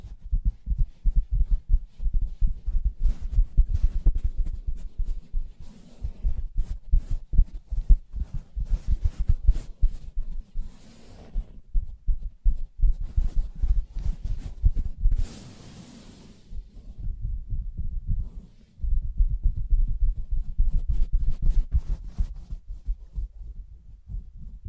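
Fingers tap and scratch on a soft fabric surface in a dense, uneven patter of muffled low thuds that runs nearly nonstop. Brief brighter scratchy rustles stand out around 11 and 15–16 seconds, and a short pause falls near 18 seconds.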